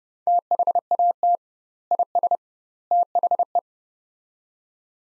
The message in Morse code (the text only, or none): THAT IS THE